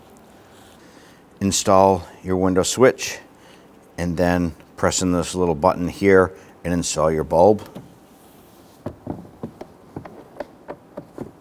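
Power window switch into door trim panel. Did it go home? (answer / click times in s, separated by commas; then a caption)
no / none. Someone talks while a power window switch is fitted to its opening in a rear door trim panel, then a few small, sharp taps follow between about 8.9 and 10.7 seconds. The switch has not snapped or seated into the panel by the end of the clip.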